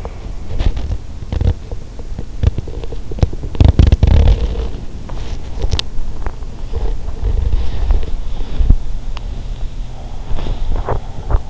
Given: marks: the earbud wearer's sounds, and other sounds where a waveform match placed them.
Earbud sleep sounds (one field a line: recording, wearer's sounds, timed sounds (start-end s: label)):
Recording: sounds in sleep by an in-ear microphone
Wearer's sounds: body movement, teeth grinding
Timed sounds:
0.00-11.50 s: body movement
1.24-4.78 s: teeth grinding
5.65-5.94 s: teeth grinding